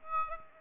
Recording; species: mosquito wingbeat signal from an infrared sensor; Aedes aegypti